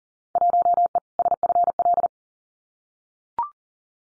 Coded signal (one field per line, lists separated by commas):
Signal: Morse code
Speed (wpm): 38 wpm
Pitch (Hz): 700 Hz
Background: none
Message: 1E SFL